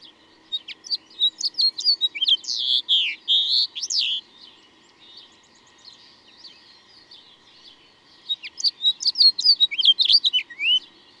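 Bird song: long phrases of quick, high chirps and sweeping whistles, a pause of several seconds, then another fast twittering phrase.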